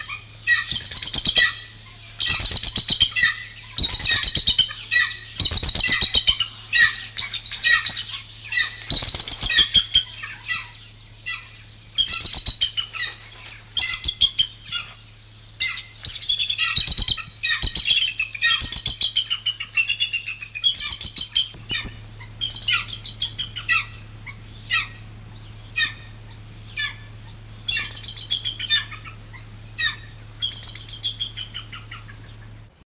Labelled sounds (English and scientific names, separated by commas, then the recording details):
Bald Eagle (Haliaeetus leucocephalus) call
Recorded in captivity
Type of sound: call
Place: Tierpark Berlin
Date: 1974-02-16
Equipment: Halbspur, 9,5 cm/s
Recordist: Lütgens, Hans
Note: Mit Kaltschwanzadler(?) und Kurzschelladler(?)